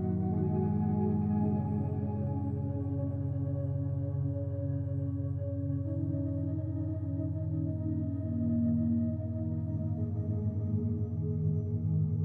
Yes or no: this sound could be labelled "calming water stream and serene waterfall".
no